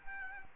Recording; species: mosquito wingbeat signal from an infrared sensor; Culex quinquefasciatus